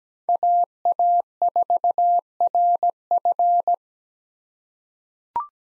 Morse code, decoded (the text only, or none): AA4RF